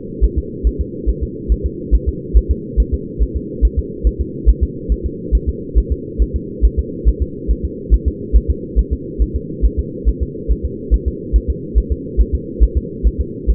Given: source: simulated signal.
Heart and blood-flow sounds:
fetal heart sounds
0.24 s: S1
0.38 s: S2
0.67 s: S1
0.81 s: S2
1.09 s: S1
1.23 s: S2
1.52 s: S1
1.66 s: S2
1.94 s: S1
2.08 s: S2
2.37 s: S1
2.51 s: S2
2.80 s: S1
2.94 s: S2
3.23 s: S1
3.37 s: S2
3.65 s: S1
3.79 s: S2
4.07 s: S1
4.21 s: S2
4.49 s: S1
4.63 s: S2
4.92 s: S1
5.06 s: S2
5.35 s: S1
5.49 s: S2
5.78 s: S1
5.92 s: S2
6.22 s: S1
6.36 s: S2
6.65 s: S1
6.79 s: S2
7.08 s: S1
7.22 s: S2
7.51 s: S1
7.65 s: S2
7.94 s: S1
8.08 s: S2
8.36 s: S1
8.50 s: S2
8.79 s: S1
8.93 s: S2
9.22 s: S1
9.36 s: S2
9.65 s: S1
9.79 s: S2
10.08 s: S1
10.23 s: S2
10.51 s: S1
10.65 s: S2
10.94 s: S1
11.08 s: S2
11.36 s: S1
11.50 s: S2
11.78 s: S1
11.92 s: S2
12.20 s: S1
12.35 s: S2
12.63 s: S1
12.77 s: S2
13.07 s: S1
13.21 s: S2
13.50 s: S1
From the record:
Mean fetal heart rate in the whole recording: 140 bpm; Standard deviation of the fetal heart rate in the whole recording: 2 bpm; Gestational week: 34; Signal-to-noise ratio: -4.1 dB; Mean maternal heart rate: no maternal heart sound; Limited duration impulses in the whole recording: absent

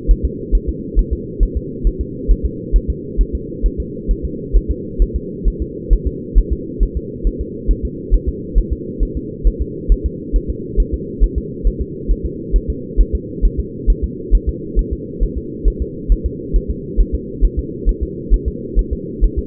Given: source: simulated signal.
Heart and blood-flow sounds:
fetal heart sounds
0.11 s: S1
0.25 s: S2
0.55 s: S1
0.69 s: S2
0.99 s: S1
1.13 s: S2
1.43 s: S1
1.57 s: S2
1.87 s: S1
2.01 s: S2
2.31 s: S1
2.45 s: S2
2.76 s: S1
2.90 s: S2
3.21 s: S1
3.35 s: S2
3.66 s: S1
3.80 s: S2
4.11 s: S1
4.25 s: S2
4.56 s: S1
4.71 s: S2
5.02 s: S1
5.16 s: S2
5.48 s: S1
5.62 s: S2
5.93 s: S1
6.07 s: S2
6.38 s: S1
6.52 s: S2
6.83 s: S1
6.97 s: S2
7.27 s: S1
7.41 s: S2
7.71 s: S1
7.85 s: S2
8.14 s: S1
8.28 s: S2
8.58 s: S1
8.72 s: S2
9.03 s: S1
9.17 s: S2
9.47 s: S1
9.61 s: S2
9.92 s: S1
10.06 s: S2
10.36 s: S1
10.50 s: S2
10.80 s: S1
10.94 s: S2
11.24 s: S1
11.38 s: S2
11.67 s: S1
11.81 s: S2
12.11 s: S1
12.25 s: S2
12.56 s: S1
12.70 s: S2
13.01 s: S1
13.15 s: S2
13.45 s: S1
13.60 s: S2
13.90 s: S1
14.04 s: S2
14.35 s: S1
14.49 s: S2
14.79 s: S1
14.93 s: S2
15.23 s: S1
15.38 s: S2
15.68 s: S1
15.82 s: S2
16.12 s: S1
16.26 s: S2
16.56 s: S1
16.70 s: S2
17.00 s: S1
17.15 s: S2
17.45 s: S1
17.59 s: S2
17.89 s: S1
18.03 s: S2
18.34 s: S1
18.48 s: S2
18.79 s: S1
18.93 s: S2
19.24 s: S1
19.38 s: S2
From the record:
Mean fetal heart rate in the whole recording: 135 bpm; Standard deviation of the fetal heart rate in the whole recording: 3 bpm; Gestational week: 36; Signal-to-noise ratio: -4.1 dB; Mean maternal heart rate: no maternal heart sound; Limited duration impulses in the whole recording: absent

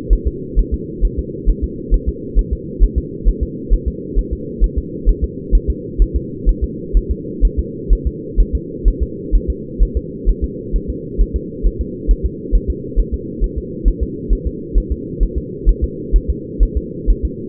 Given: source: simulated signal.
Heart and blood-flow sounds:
fetal heart sounds
0.13 s: S1
0.28 s: S2
0.59 s: S1
0.74 s: S2
1.05 s: S1
1.19 s: S2
1.50 s: S1
1.64 s: S2
1.94 s: S1
2.09 s: S2
2.39 s: S1
2.53 s: S2
2.83 s: S1
2.98 s: S2
3.28 s: S1
3.43 s: S2
3.74 s: S1
3.88 s: S2
4.19 s: S1
4.33 s: S2
4.64 s: S1
4.78 s: S2
5.09 s: S1
5.24 s: S2
5.55 s: S1
5.70 s: S2
6.02 s: S1
6.16 s: S2
6.49 s: S1
6.64 s: S2
6.97 s: S1
7.11 s: S2
7.45 s: S1
7.59 s: S2
7.93 s: S1
8.07 s: S2
8.40 s: S1
8.55 s: S2
8.88 s: S1
9.03 s: S2
9.35 s: S1
9.50 s: S2
9.83 s: S1
9.97 s: S2
10.29 s: S1
10.44 s: S2
10.76 s: S1
10.90 s: S2
11.21 s: S1
11.36 s: S2
11.66 s: S1
11.81 s: S2
12.11 s: S1
12.26 s: S2
12.55 s: S1
12.70 s: S2
12.99 s: S1
13.14 s: S2
13.44 s: S1
13.58 s: S2
13.88 s: S1
14.03 s: S2
14.33 s: S1
14.47 s: S2
14.78 s: S1
14.92 s: S2
15.23 s: S1
15.38 s: S2
15.69 s: S1
15.84 s: S2
16.16 s: S1
16.30 s: S2
16.63 s: S1
16.77 s: S2
17.10 s: S1
17.25 s: S2
From the record:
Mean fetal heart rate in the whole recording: 130 bpm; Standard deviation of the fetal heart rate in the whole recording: 2 bpm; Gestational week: 36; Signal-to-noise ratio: -4.1 dB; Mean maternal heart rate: no maternal heart sound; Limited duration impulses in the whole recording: absent

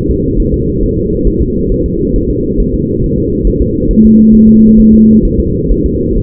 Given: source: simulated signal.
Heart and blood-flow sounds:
fetal heart sounds
0.11 s: S2
0.40 s: S1
0.54 s: S2
0.83 s: S1
0.98 s: S2
1.27 s: S1
1.42 s: S2
1.72 s: S1
1.86 s: S2
2.16 s: S1
2.30 s: S2
2.60 s: S1
2.74 s: S2
3.04 s: S1
3.18 s: S2
3.47 s: S1
3.62 s: S2
3.91 s: S1
4.05 s: S2
4.35 s: S1
4.49 s: S2
4.80 s: S1
4.94 s: S2
5.25 s: S1
5.40 s: S2
5.71 s: S1
5.86 s: S2
6.18 s: S1
From the record:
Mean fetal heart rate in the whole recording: 135 bpm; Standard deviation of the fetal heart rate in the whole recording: 3 bpm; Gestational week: 36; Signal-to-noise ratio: -10.2 dB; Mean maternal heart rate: 72 bpm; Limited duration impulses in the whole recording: present

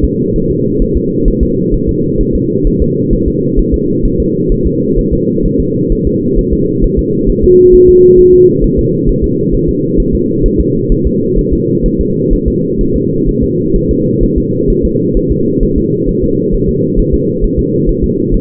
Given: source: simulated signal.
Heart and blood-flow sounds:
fetal heart sounds
0.04 s: S2
0.36 s: S1
0.51 s: S2
0.82 s: S1
0.97 s: S2
1.28 s: S1
1.43 s: S2
1.74 s: S1
1.89 s: S2
2.21 s: S1
2.35 s: S2
2.67 s: S1
2.82 s: S2
3.13 s: S1
3.28 s: S2
3.59 s: S1
3.74 s: S2
4.05 s: S1
4.20 s: S2
4.52 s: S1
4.67 s: S2
4.99 s: S1
5.13 s: S2
5.46 s: S1
5.60 s: S2
5.92 s: S1
6.07 s: S2
6.39 s: S1
6.53 s: S2
6.84 s: S1
6.99 s: S2
7.30 s: S1
7.44 s: S2
7.75 s: S1
7.89 s: S2
8.19 s: S1
8.34 s: S2
8.64 s: S1
8.79 s: S2
9.09 s: S1
9.24 s: S2
9.54 s: S1
9.69 s: S2
10.00 s: S1
10.15 s: S2
10.46 s: S1
10.60 s: S2
10.92 s: S1
11.07 s: S2
11.39 s: S1
11.53 s: S2
11.86 s: S1
12.01 s: S2
12.33 s: S1
12.48 s: S2
12.81 s: S1
12.96 s: S2
13.29 s: S1
13.44 s: S2
13.76 s: S1
13.91 s: S2
14.23 s: S1
14.38 s: S2
14.70 s: S1
14.85 s: S2
15.17 s: S1
15.32 s: S2
15.63 s: S1
15.78 s: S2
16.09 s: S1
16.24 s: S2
16.54 s: S1
16.69 s: S2
17.00 s: S1
17.14 s: S2
17.44 s: S1
17.59 s: S2
17.89 s: S1
18.04 s: S2
18.34 s: S1
From the record:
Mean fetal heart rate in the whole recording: 130 bpm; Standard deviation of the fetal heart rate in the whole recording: 4 bpm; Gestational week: 38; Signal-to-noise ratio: -11.2 dB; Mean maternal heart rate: 72 bpm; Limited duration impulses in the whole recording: present

